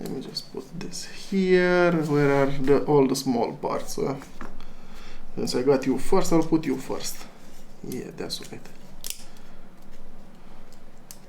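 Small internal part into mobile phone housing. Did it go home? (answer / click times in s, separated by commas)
yes / 9.1 s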